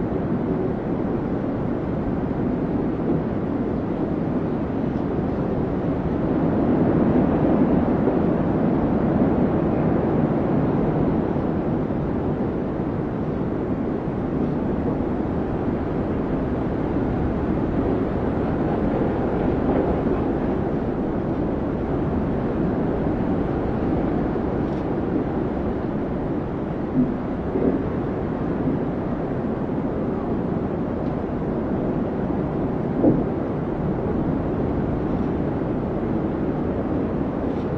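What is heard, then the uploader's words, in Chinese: Strong wind roars steadily for the whole recording, a dense, low rushing sound with no gusts breaking through clearly. The rumble sits heavy in the lows with a duller hiss above. A few faint knocks or taps come near the end, around 27 and 33 seconds. 大风天气｜白噪音｜室内学习氛围音。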